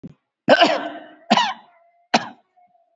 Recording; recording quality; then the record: shallow voluntary cough; excellent, no background noise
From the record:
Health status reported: COVID-19 positive, mild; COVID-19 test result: positive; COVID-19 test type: RT-PCR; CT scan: not taken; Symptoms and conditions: cough, cold, sore throat, muscle pain, loss of smell and taste, hypertension, ischaemic heart disease, another condition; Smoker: no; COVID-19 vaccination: both doses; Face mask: worn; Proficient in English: yes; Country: India